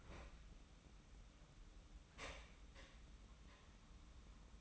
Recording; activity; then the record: daily activity, microphone in the room; open fridge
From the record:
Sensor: 1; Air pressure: 994.6 hPa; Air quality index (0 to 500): 220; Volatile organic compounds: 1000 ppm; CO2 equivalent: 7912 ppm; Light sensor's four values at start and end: 98/218/98/103 and 98/218/98/104